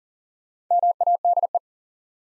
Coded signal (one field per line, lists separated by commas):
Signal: Morse code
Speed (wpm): 40 wpm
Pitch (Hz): 700 Hz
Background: none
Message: MADE